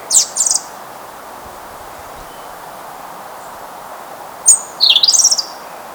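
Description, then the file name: European robin giving two short high twittering bursts, a long quiet gap, then a sharp high note and a rapid warbling trill that rises and falls. "Erithacus rubecula"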